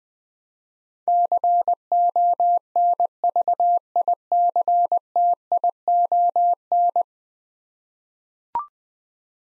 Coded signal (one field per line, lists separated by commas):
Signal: Morse code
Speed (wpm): 21 wpm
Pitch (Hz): 700 Hz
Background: none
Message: CONVICTION